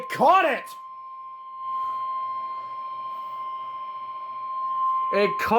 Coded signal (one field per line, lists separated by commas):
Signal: Emergency Alert System (SAME) tones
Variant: 1050 Hz attention tone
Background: speech